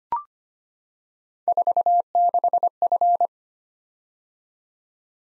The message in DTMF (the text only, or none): none